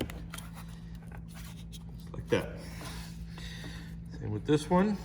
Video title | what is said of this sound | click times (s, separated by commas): iQMS362 Annual Maintenance | you just push them down to where you're here snap | 0.0 s